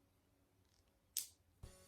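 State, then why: Seated. A plastic glucose monitor transmitter for a Dexcom G6 CGM is pressed into the adhesive sensor pod on the skin until it snaps in. A sharp, bright click lands at 1.2 seconds over faint background music, followed by a duller knock near 1.6 seconds. The transmitter is seated in the sensor housing.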